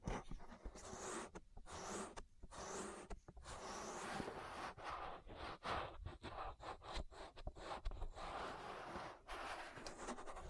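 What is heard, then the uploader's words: An ear massage made of dense rubbing and brushing sounds that fill the whole range, with a soft hiss on top. The texture shifts constantly, broken by brief near-silent gaps around one and a half, three, and nine seconds, with breathy swells in between. ASMR Relaxing Ear Massage. (No Talking).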